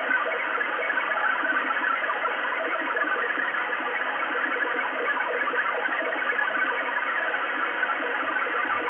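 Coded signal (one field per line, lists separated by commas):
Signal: HF data modem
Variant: XPB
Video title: XPB numbers station Russia 5839 kHz 20200901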